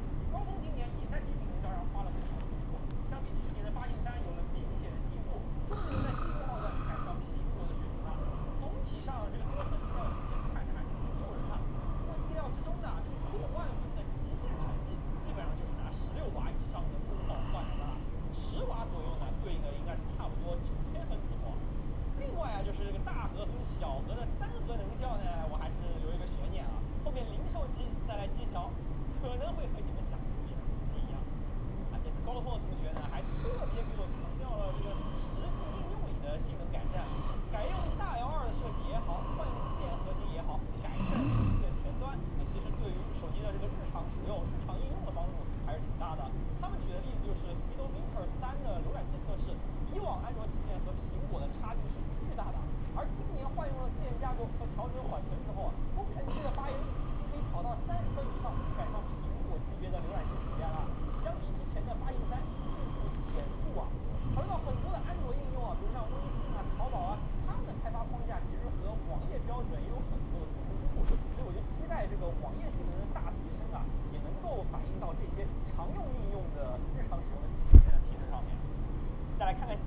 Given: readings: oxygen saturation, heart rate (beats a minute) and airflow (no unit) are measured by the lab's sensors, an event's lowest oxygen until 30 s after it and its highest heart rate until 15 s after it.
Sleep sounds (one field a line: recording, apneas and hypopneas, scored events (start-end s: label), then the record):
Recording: a person awake in a sleep study, by a smartphone at the bedside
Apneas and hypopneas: none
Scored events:
0.00-79.87 s: awake
From the record:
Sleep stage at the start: awake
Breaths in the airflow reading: 26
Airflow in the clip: -0.7 to 0.6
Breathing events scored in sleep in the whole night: 403 in 5.5 hours asleep